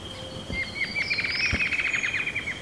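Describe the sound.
Bird trill, a fast run of high chirps, preceded by a few separate notes, over a steady thin whine and outdoor hiss.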